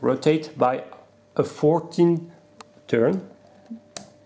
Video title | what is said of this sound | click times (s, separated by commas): SYMA X8G unboxing and quick analysis (Courtesy Banggood) | You can hear a click like this. | 4.0 s